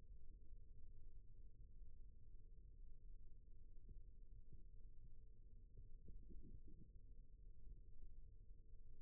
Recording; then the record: forearm muscle sounds (acoustic myography)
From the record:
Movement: rest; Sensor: system 1, eight BSWA MPA416 microphones around the upper forearm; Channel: 7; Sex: male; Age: 21 years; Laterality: right